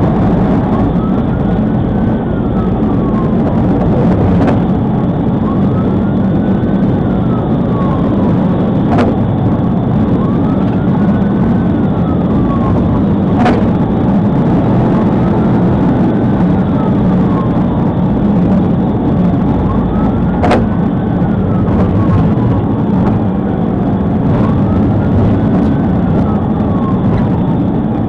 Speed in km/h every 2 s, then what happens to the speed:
143, 145, 145, 147, 147, 148, 150, 155, 153, 148, 142, 145, 142, 142.
0-16 speeds up to 153. 16-19 brakes to 142. 19-28 steady at about 142.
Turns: none.